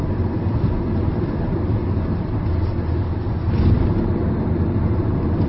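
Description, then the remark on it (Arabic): Steady, unbroken rumble of a car driving on a long journey, deep and fairly loud, with a constant low drone and a faint hiss of road noise on top. No one speaks. “حتى لو حس السيارة أنا مسافر يا بني، أنا على سفر فلن أوقف الدروس من أجل السفر، يعني من أجل حس السيارة.”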